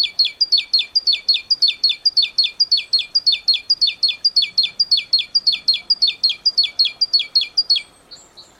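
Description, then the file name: Great tit with a long, steady run of rapid, high notes that sweep downward, evenly repeated for about eight seconds before fading into faint thin notes. "Parus major"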